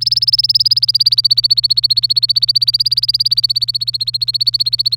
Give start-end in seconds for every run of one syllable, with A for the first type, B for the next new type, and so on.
0.01-4.97 A